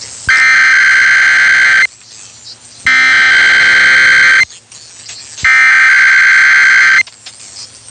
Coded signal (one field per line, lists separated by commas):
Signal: Emergency Alert System (SAME) tones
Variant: header bursts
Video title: KDKA Cycles on SDR w/ Amplify Theme | 9/5